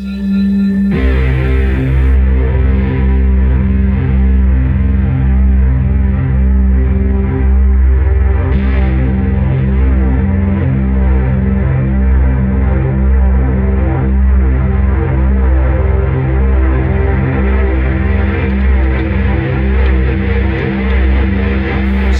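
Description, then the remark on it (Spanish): A loud, continuous distorted sound effect meant to resemble whale song, with heavy low droning tones and gritty, wavering upper textures sustained for over twenty seconds without speech. “Que es más o menos el sonido que tienen las ballenas debajo del, del mar, ¿no, che?”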